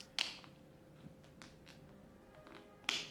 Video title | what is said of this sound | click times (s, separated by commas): Oakley Jupiter LX Lenses Replacement Tutorial - How to Install New Lenses | and you should hear the click | 0.2 s, 2.9 s